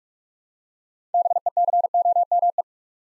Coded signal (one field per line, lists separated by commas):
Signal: Morse code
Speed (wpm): 44 wpm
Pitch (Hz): 700 Hz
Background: none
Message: BECOME